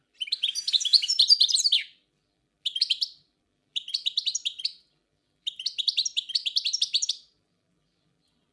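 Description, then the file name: Song Thrush singing in distinct bursts of rapid, repeated notes, each burst followed by a short silence. Forest songbird singing. "Pevchie pticy lesa - CSHegol"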